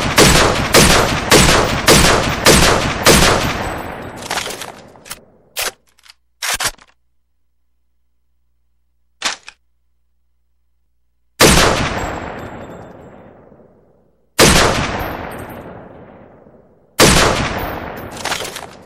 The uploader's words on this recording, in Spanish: El sonido de un rifle WA 2000. Sonido de Rifle WA 2000.